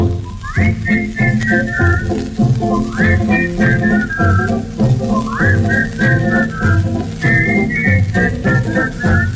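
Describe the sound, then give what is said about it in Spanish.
Several people whistle a bright, high tune in unison over a steady musical accompaniment, repeating a short rising-then-falling phrase four times at an even, bouncy pace. “Vamos todos a silbar.”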